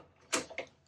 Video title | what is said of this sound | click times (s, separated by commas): 2018 Entegra Aspire 44R Interior Walkthrough | Locks into place. | 0.3 s, 0.6 s